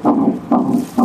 That's the heartbeat of a baby. At 6 weeks old.